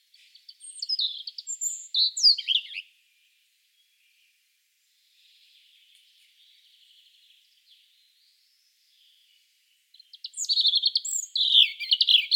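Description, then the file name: European robin singing two high, sweet warbling phrases of quick varied notes, separated by a long pause with only faint thin notes in between. "Erithacus rubecula"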